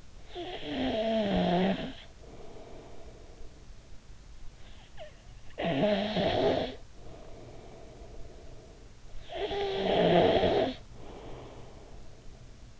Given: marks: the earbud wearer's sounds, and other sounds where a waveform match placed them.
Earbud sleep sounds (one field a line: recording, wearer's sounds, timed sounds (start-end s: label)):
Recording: sounds in sleep by an in-ear microphone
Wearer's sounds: snoring breath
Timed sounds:
0.00-4.09 s: snoring breath
5.24-8.76 s: snoring breath
9.11-12.80 s: snoring breath